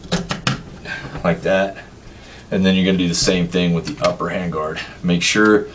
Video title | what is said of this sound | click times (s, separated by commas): How to clean an AR 15 Rifle | work that in there until it snaps into place like | 0.3 s, 0.5 s